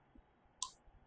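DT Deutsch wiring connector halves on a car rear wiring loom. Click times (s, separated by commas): 0.6 s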